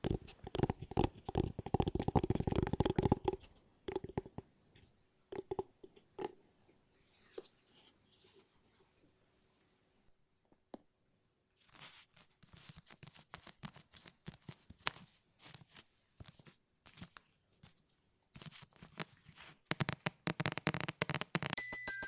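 Fast ASMR tapping with no talking, made of dense bursts of sharp, bright taps. A loud cluster of rapid taps opens the first three seconds, then sparser, quieter taps follow with near-silent gaps around ten seconds, before quick tapping builds again toward the end.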